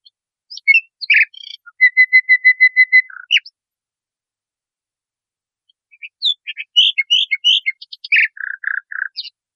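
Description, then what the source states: Nightingale song: mixed notes and an evenly repeated series, a silent gap, then a jumble of varied chirps and lower notes. Masteran recording, used for training cage birds.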